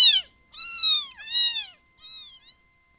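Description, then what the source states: Domestic cat: kitten meows: five high calls, the first short and falling, the next two longer, the last two fainter, separated by brief gaps. Several kittens.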